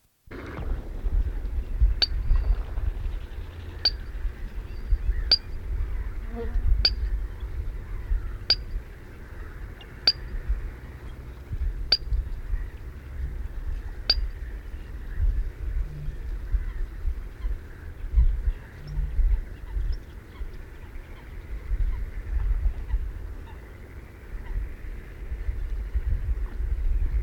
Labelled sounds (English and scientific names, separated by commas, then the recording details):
Eurasian Coot (Fulica atra) call
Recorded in the wild
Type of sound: call
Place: Schwerin, Lewitz, Mecklenburg-Vorpommern, DE
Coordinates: 53.636, 11.401
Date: 1972-06-21
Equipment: Nagra III BH, Sennheiser MD 21, parabola
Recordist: Schubert, Michael
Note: Bläßhuhn "pixt"